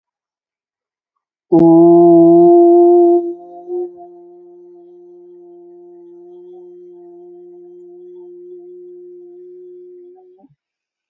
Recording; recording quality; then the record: sustained vowel as in boot; excellent, no background noise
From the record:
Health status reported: healthy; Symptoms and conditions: none ticked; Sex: male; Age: 37 years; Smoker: not ticked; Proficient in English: yes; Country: India